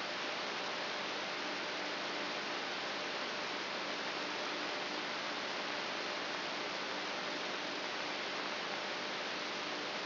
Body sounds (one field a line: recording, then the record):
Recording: brain microelectrode recording played as sound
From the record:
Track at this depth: inside the subthalamic nucleus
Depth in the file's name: 6.543 mm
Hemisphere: left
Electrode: 3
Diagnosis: Parkinson's disease